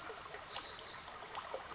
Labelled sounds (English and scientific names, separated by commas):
Pacific Wren (Troglodytes pacificus)